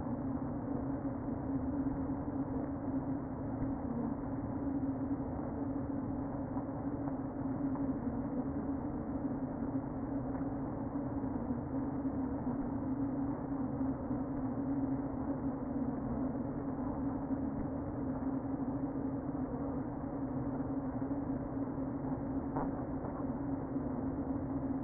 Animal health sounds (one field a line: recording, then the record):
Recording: honeybee colony, microphone inside the hive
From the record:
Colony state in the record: queen present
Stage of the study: before two queens were removed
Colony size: about 60,000 bees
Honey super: yes